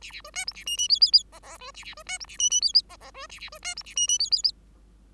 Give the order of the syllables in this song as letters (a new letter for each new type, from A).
A A B C D A E E F F F G G B A A B C D A E E F F G G B A A B C D A E E F F F